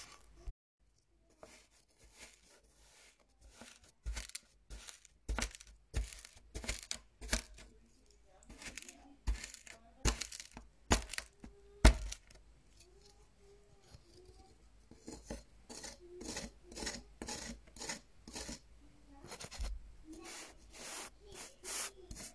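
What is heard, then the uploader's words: Kinetic sand is squeezed, cut and crumbled, giving dense gritty rasps and crackles. The bursts come in quick irregular clusters, a few sharper cracks stand out near 12 and 20 seconds, and faint soft movements fill the gaps. Asmr kinetic sand. Trigger sand sounds.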